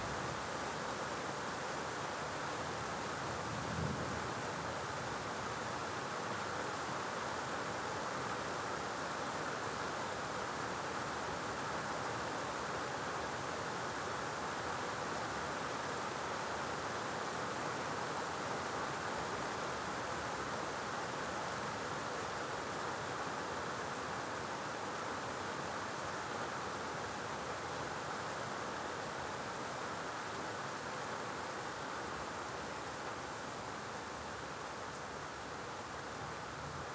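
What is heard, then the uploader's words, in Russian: Heavy rain from a night thunderstorm pours down in a steady, dense hiss that barely changes for the whole stretch. The sound is full, with a soft low rumble under the bright wash and a brief swell near the fourth second. Эпическая ночная гроза.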